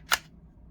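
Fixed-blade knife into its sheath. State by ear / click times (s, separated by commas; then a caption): seated / 0.1 s. A Buck 863 Selkirk fixed-blade knife is pushed into its sheath, and the retention snaps it in with one sharp, bright click at 0.1 s over a quiet low hum. The knife is seated and locked in the sheath.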